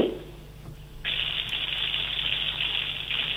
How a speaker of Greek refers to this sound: Μπορείτε λίγο να μου βάλετε τη βρύση, να ακούσω λίγο, να δω το μετρητή. Είστε κοντά σε νερό? Είμαι, ναι. Αν μπορείτε, σας παρακαλώ.